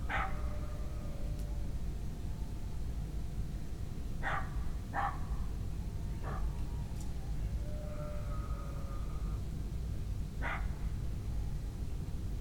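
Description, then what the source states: Dogs barking sporadically, single sharp barks and a short double bark spaced several seconds apart, with a faint whining tone and steady low background noise. Dogs recorded at night in a village.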